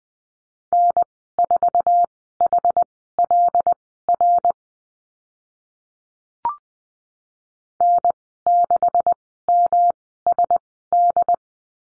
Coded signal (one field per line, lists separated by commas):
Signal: Morse code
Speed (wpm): 20 wpm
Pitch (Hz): 700 Hz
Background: none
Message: N4HLR N6MSD